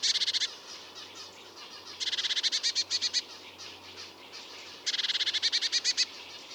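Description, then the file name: Eurasian blue tit giving a churring scold: three bursts of fast, harsh, buzzy notes, the first cut short at the start, with a low steady hum beneath. "Cyanistes caeruleus"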